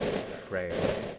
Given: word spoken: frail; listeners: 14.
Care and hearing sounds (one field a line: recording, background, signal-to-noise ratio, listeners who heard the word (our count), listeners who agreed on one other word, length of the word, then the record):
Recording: one English word in noise, from a listening test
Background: noise modulated by three-talker babble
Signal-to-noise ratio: -4.0 dB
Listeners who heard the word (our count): 2 of 14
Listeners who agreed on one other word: 11 of 14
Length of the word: 0.79 s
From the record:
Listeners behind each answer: 11, 2, 1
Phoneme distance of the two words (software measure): 27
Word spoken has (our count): 1 syllable, 4 phonemes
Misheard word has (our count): 1 syllable, 3 phonemes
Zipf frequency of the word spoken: 3.26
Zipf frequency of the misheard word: 4.08